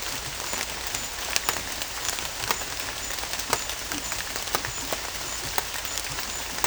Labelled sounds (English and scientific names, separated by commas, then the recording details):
none
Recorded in dense forest near Puerto Asís, Putumayo, Colombia, on 18 December 2024 at 16:00
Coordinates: 0.484, -76.317
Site G026